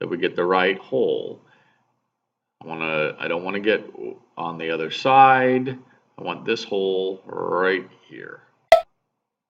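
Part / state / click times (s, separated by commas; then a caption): wheel peg into toy train chassis hole / seated / 8.7 s. Someone talks while a wheel's peg is pushed into the chosen hole of a toy train body. At 8.7 s a short, sharp click is heard as the peg pops into place, seating the wheel, and it is then checked to see that the wheel still turns.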